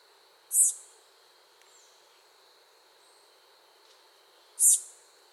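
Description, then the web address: Bird calling with a short, piercing high note, repeated once after roughly four seconds, while a constant thin buzz drones beneath. Recorded in a Costa Rican cloud forest. "Birds of the Costa Rican Cloud Forest 87 Call"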